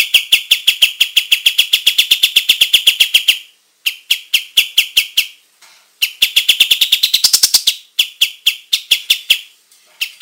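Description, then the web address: Olive-winged bulbul song: long runs of fast, sharp chips separated by brief silences, one run ending in a rising, higher twittering flourish. Singing gacor, energetically and in full voice. "kapas-tembak suara-burung-kapas-tembak-gacor"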